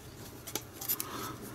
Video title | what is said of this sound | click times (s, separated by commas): Halo Green Xbox Repair Part 2 | and yep yep yep yep and yep click in place so | 0.6 s, 1.0 s